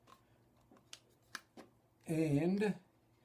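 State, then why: Not seated. A wooden and metal forend is handled against the barrels of a Beretta 690 Black Edition Trap shotgun, where it still fits a little tight. A few faint handling taps and sharper ticks at about 0.9 s and 1.4 s are followed by someone talking briefly near the end. The forend has not clicked or seated onto the barrels yet.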